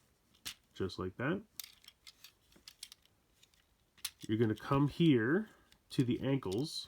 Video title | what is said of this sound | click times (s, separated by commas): Transformers Siege Leader Class Astrotrain Review | pieces here are gonna fold up and pop into place just like | 0.5 s